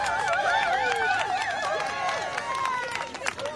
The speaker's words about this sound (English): Now, can we please give a huge round of applause for all of our World Book Day... participants.